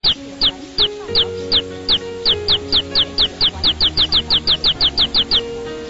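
Bird giving a fast series of high, sharply descending chirps over a low hum with faint tonal background sounds.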